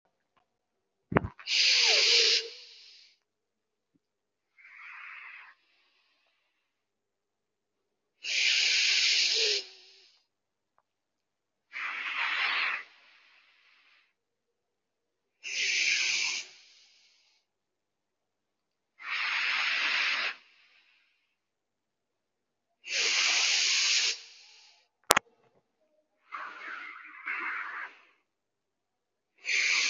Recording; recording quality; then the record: deep breathing; excellent, no background noise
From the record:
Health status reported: healthy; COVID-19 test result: negative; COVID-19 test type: RT-PCR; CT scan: not taken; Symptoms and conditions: none ticked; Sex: female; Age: 24 years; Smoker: no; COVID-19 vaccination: one dose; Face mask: worn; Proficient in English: yes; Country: India